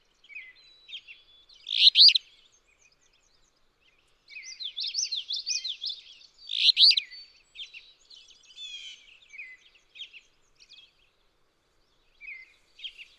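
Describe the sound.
Alder flycatcher singing a harsh, buzzy phrase twice, about five seconds apart, amid thin chips and twitters of other small birds.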